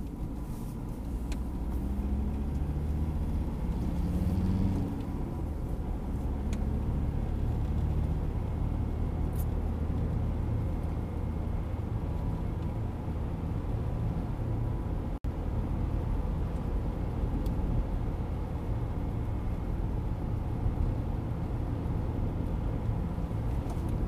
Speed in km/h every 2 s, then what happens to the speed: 35, 46, 52, 56, 59, 60, 62, 62, 63, 63, 63, 62.
0-7 speeds up to 59. 7-24 steady at about 62.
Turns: none.